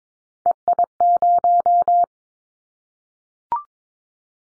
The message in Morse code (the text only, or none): EI0